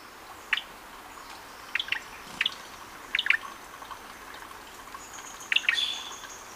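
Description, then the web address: Gray-breasted wood-wren calls, brief clipped whistled notes, often in quick pairs, at uneven intervals, with a thin high tone near the end. Lower subtropical zone, Ecuador. "Natures Songs S America Birds of Ecuador Gray-breasted Wood-Wren (lower subtropical)"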